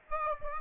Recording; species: mosquito wingbeat signal from an infrared sensor; Aedes aegypti